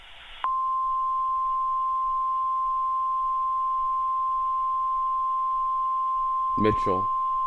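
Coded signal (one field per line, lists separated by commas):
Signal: Emergency Alert System (SAME) tones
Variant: 1050 Hz attention tone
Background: speech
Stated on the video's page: Fictional scenario alert, not a real broadcast.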